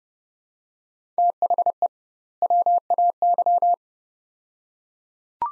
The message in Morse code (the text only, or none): THE WAY